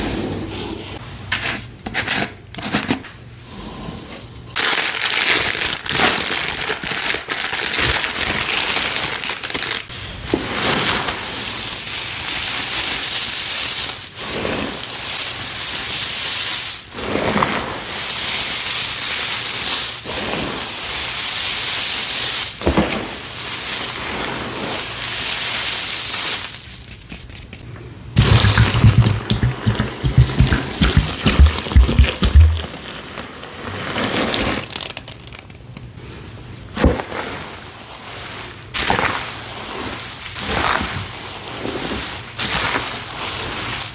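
Glitter being dumped and mixed, with long stretches of dense, bright hissing and scraping that rise and fall. Short pauses break it up near 5, 27 and 35 seconds, and a lower rumbling, sloshing patch around 28 to 33 seconds sounds like water being poured.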